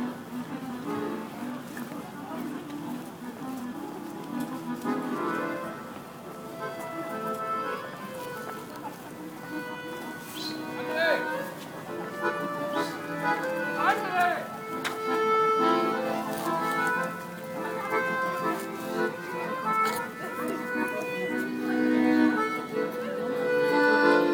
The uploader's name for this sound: Sounds at Friedrichsbrücke